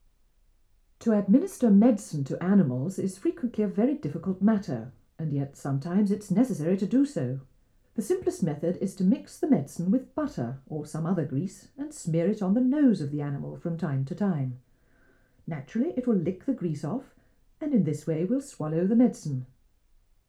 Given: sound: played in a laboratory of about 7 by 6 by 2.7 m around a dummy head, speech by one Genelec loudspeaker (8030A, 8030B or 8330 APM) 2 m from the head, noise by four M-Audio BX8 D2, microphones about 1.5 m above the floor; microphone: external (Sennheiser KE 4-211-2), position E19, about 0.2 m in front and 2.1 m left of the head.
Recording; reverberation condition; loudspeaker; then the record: female speech in English; low; 90 degrees to the left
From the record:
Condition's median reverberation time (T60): about 310 ms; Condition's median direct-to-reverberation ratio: about 3.5 dB